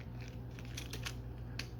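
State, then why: Not seated. A plastic part of a Transformers R.O.T.B. Studio Series #99 Battletrap toy is fed into a slot in the body of the transforming robot truck and pushed backwards, not forced. Light plastic handling ticks sound around 0.8, 0.9 and 1.6 seconds over a steady low hum. The part has not popped into place yet, and nothing has seated.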